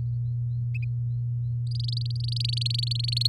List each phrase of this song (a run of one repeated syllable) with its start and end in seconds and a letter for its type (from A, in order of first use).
1.71-3.27 A